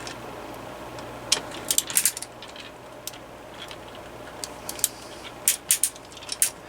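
A screwdriver slips in the head of the bottom housing screw while disassembling a KMC 12" oscillating fan, model HF-30ND, with sharp clicking hits at 1.3, 1.8, 2.0, 4.8, 5.5 and 6.4 seconds over a steady low hum. The screw head is stripped and may need to be drilled out.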